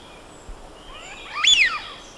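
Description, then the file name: Eurasian wigeon giving a bright arched whistle that climbs and drops quickly, with faint thin whistles and background hiss around it. "Anas penelope"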